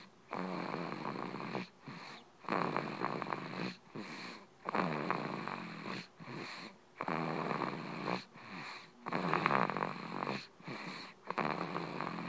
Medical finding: Snoring.